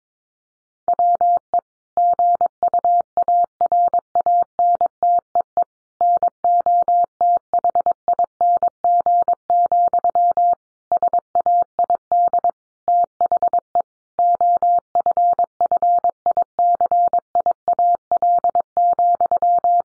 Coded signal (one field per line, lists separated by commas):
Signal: Morse code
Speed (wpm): 22 wpm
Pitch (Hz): 700 Hz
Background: none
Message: WE GUARANTEE NOTHING, SAID THE OFFICIAL,